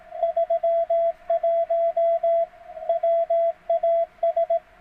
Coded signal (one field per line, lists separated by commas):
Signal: Morse code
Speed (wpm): 18 wpm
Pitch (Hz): 660 Hz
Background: radio noise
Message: 31 WAS